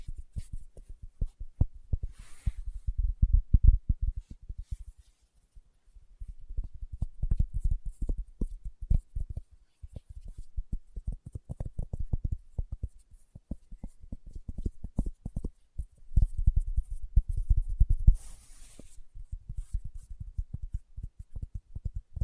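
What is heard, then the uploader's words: Fingertips tap in quick, irregular bursts of soft, low thuds, with short pauses around five, ten and fifteen seconds. The taps are dull and muffled, clustered densely within each burst, with occasional brief hissy brushing sounds near two and eighteen seconds. ASMR Tapping with Fingertips (No Talking).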